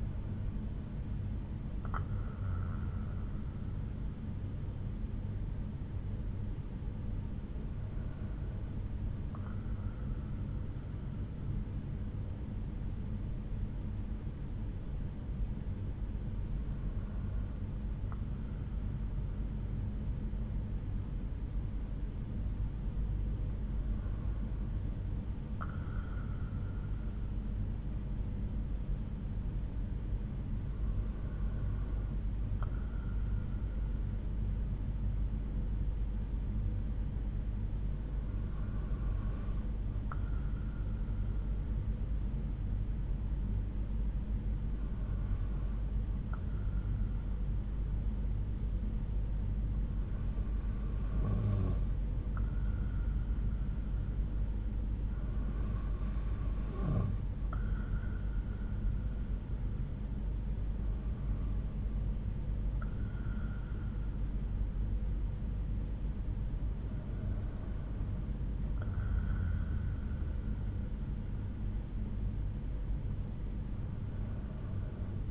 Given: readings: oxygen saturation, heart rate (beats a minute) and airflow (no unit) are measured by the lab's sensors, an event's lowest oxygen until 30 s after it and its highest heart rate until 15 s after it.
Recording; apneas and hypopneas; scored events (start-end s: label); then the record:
breathing in sleep by a smartphone at the bedside; 1
33.00-60.00 s: hypopnea (N2, oxygen 94% highest, then 93% lowest)
74.00-75.31 s: new sleep stage, N1 (lightest sleep)
From the record:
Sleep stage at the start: N2 (light sleep); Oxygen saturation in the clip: 91 to 95%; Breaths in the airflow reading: 11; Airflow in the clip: -5.5 to 6.0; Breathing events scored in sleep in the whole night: 368 in 8.0 hours asleep